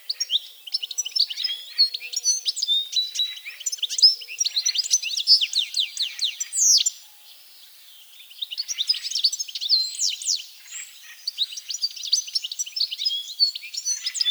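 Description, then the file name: European goldfinch chattering in quick liquid twitters and tinkling notes, two long bursts separated by a short quiet gap near the middle. "Carduelis carduelis"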